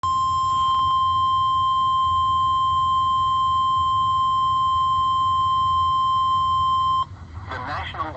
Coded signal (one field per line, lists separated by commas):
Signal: Emergency Alert System (SAME) tones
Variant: 1050 Hz attention tone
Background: speech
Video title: EAS #1,414 Online NOAA Weather Radio Severe T’storm Warning 6/16/24